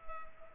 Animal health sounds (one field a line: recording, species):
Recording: mosquito wingbeat signal from an infrared sensor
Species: Culex pipiens